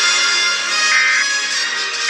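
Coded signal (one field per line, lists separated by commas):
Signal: Emergency Alert System (SAME) tones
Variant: end-of-message bursts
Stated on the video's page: Fictional EAS scenario.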